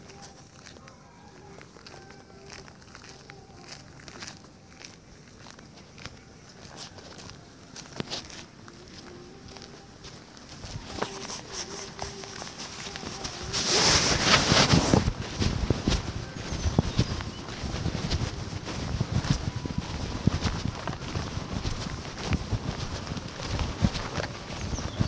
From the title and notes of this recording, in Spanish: Amanecer en el NIRD Hyderabad. Hyderabad - India.